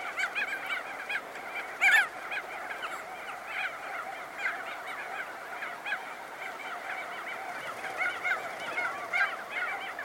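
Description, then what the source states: Crested auklet colony, many birds giving nasal honking calls at once, with one strong call near two seconds and frequent louder bursts. Close-up recording.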